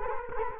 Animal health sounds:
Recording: mosquito wingbeat signal from an infrared sensor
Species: Culex quinquefasciatus

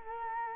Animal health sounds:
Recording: mosquito wingbeat signal from an infrared sensor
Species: Culex quinquefasciatus

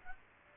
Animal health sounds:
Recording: mosquito wingbeat signal from an infrared sensor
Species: Aedes aegypti

